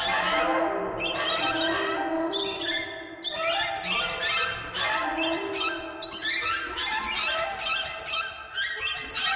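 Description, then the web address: Bird chatter, many harsh squawks and thin high chirps running together, with clusters of sharp calls throughout. "soundfactory birds"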